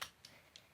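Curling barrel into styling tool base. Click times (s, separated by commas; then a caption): 0.0 s, 0.2 s, 0.6 s. An interchangeable curling iron barrel for a T3 Switch Kit styling tool is lined up by its notch with the tool base, with the twist lock unlocked, and pushed in until it clicks into place. Three short, sharp tick-like clicks sound at about 0.0, 0.3 and 0.6 seconds over quiet background hiss. The barrel is seated in the base.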